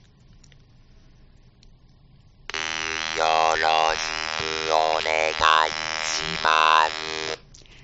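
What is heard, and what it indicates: After a brief natural-voiced phrase, a steady mechanical buzz at one unchanging pitch comes from an electrolarynx held against the throat. Alone, the button-activated device just buzzes. Mouth movements shape it into about five seconds of slow, monotone speech. Even difficult sounds can be understood with careful listening. Conversation is less smooth and slower than natural speech, but faster than writing.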